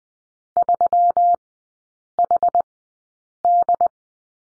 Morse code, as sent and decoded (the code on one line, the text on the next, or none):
...-- .... -..
3HD